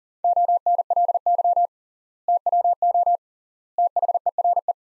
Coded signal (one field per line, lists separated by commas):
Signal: Morse code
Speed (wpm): 37 wpm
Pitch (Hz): 700 Hz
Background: none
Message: ONLY TWO THERE